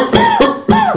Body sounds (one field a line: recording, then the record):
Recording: coughing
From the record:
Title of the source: Mid-morning Winter Coughing Fit